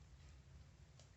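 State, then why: Not seated. A removable orthodontic retainer is handled at a simulation model of a patient's dental arch, first fitted at the front teeth before being pressed onto the back teeth. A low steady hum runs throughout, with a brief sharp sound at about 1.0 s, but nothing has seated or clicked yet in this clip.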